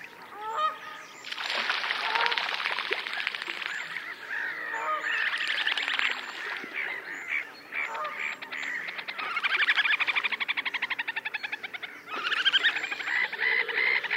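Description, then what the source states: Little Grebe trilling: long, dense, rapid trills, swelling and fading in waves with brief gaps. Territorial dispute between neighbouring birds, featuring a great deal of trilling.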